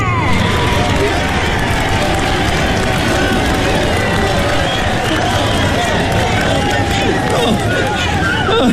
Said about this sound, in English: Let's have a huge round of applause for Captain Obler and our sponsors, Obler.